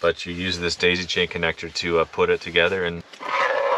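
Someone talks while handling a plastic "daisy chain" wiring connector for an EVBASE refrigerator install in a Tesla, about to join it to its mating connector. A brief handling noise follows the talk near the end. Nothing has seated or clicked yet; the connector halves are not yet home.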